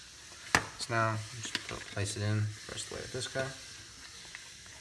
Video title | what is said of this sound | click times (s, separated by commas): Glock 17 COMPLETE Reassembly | can help just like that pops right in | 0.5 s